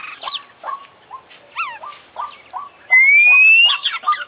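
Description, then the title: Oriental magpie-robin song: short hooked notes repeated about twice a second, with softer chirps between, then a loud, pure whistle rising steadily for almost a second. Indonesian songbird-hobby recording of an international champion contest bird, full 'isian' song repertoire, bird described as 'gacor' (singing actively). "Kicau Mania - Full Isian Juara Internasional Burung KACER Gacor"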